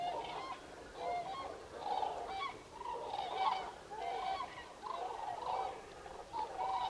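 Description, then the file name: Common cranes calling, many overlapping trumpeting, honking calls in bursts from many birds. Recorded 5 November 2018. "2018 11 05 zurawie"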